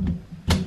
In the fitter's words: Just simply place it, twist it, pop it into place.